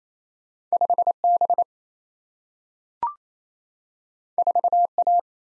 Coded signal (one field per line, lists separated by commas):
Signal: Morse code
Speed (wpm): 27 wpm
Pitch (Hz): 700 Hz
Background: none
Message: 5B 4A